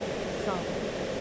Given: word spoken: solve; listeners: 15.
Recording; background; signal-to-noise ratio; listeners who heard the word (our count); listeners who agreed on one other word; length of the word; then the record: one English word in noise, from a listening test; speech-shaped noise; -6.9 dB; 0 of 15; 6 of 15; 0.81 s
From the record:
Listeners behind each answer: 6, 2, 1, 1, 1, 1, 1, 1, 1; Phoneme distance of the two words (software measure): 27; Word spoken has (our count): 1 syllable, 4 phonemes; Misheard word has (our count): 1 syllable, 3 phonemes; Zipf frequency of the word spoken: 4.30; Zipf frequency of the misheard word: 6.27